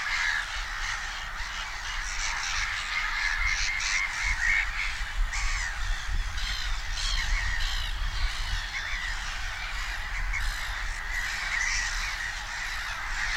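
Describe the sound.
Black-headed gulls calling, a dense chorus of harsh, rasping, overlapping cries from many birds throughout, over a steady low rumbling background.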